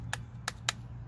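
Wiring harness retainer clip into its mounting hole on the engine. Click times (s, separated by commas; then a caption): 0.1 s, 0.5 s, 0.7 s. A small wiring harness retainer clip is pressed onto its mounting hole on the bracket on the engine of a 2016 Honda Civic during spark plug and ignition coil replacement. Three sharp plastic snaps sound at 0.1, 0.5 and 0.7 seconds over a steady low hum. The clip is seated on the bracket.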